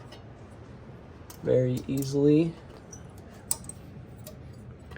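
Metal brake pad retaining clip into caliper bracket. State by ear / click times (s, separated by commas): seated / 3.5 s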